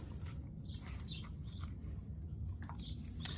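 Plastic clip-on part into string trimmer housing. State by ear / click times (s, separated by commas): not seated / none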